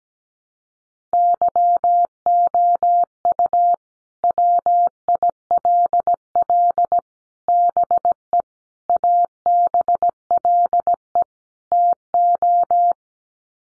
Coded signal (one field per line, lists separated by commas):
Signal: Morse code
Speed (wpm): 17 wpm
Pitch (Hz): 700 Hz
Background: none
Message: YOU WILL BE ABLE TO